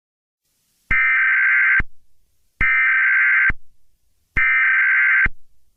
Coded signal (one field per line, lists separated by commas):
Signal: Emergency Alert System (SAME) tones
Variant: header bursts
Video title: EAS Scenario - Serial Killer